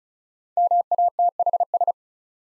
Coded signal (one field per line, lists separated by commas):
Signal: Morse code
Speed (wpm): 36 wpm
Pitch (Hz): 700 Hz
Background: none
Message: MATHS